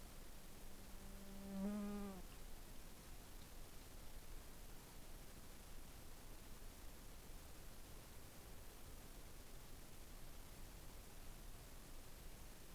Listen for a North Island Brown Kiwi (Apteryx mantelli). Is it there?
no